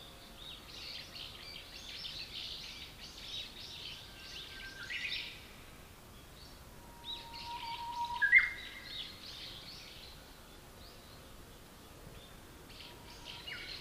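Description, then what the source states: Bush warbler song: a long steady low whistle followed by a sharp, higher, abrupt flourish, over a continuous chorus of chattering birds. Recorded in April 2007.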